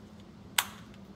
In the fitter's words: they just snap into place